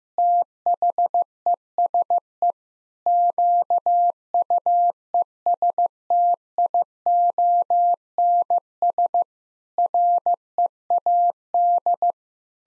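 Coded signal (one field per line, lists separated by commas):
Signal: Morse code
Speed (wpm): 15 wpm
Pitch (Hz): 700 Hz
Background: none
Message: THESE QUESTIONS READ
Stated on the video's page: Sentence-copying drill of common nine-word phrases at 15 wpm, first words spoken, each sentence sent in Morse, then spoken, then sent again.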